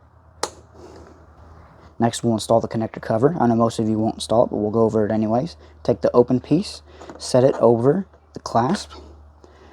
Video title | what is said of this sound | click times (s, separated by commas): Santa Fe Headlight Assembly Replacement (Hyundai 2007-2012) | install the headlight assembly, grab your electrical connector, push it till it clicks. | 0.4 s